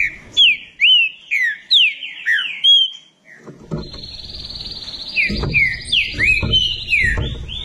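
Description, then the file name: Green-winged saltator whistling a quick series of falling notes, then further whistled phrases beneath a steady high tone as low knocking noise rises. "canto do trinca ferro"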